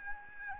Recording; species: mosquito wingbeat signal from an infrared sensor; Aedes albopictus